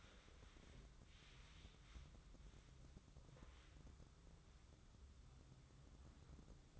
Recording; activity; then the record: daily activity, microphone in the room; wipe stove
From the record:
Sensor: 3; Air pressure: 996.0 hPa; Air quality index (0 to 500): 92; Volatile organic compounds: 11 ppm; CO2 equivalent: 2281 ppm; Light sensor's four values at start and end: 25/79/33/28 and 25/79/33/27